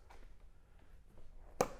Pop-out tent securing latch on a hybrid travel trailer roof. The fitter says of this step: on the rockwood it has a little system that you just push up and lock into place on both sides